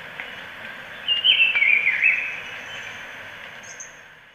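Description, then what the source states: Black-billed peppershrike singing a single warbled phrase of quick slurred whistles, then a faint high note near the end amid background hiss. Ecuador.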